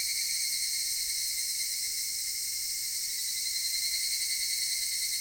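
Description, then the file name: Cicada song as an unbroken, even, high-pitched buzzing wall of sound from start to finish. Cicadas recorded in Japan. "Cigales nippon"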